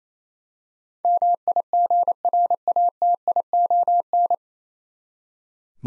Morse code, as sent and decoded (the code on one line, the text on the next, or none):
-- .. --. .-. .- - .. --- -.
MIGRATION